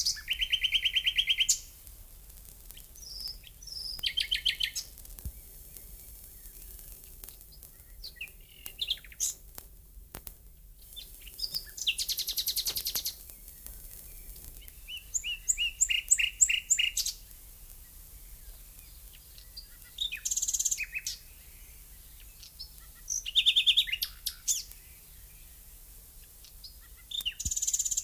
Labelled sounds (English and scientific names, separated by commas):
Common Nightingale (Luscinia megarhynchos) song